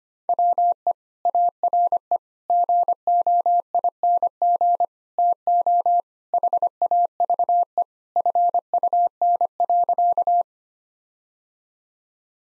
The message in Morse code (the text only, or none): WE ARE GOING TO HAVE FUN.